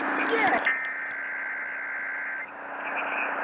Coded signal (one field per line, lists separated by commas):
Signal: Emergency Alert System (SAME) tones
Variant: header bursts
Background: speech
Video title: MORE TESTS FROM DIFFERENT AREAS... EAS Tests from 4/5/2021-4/28/2021 (EAS #502-534)